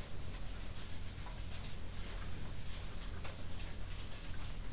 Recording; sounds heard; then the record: poultry house recording; healthy chickens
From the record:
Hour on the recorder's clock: 2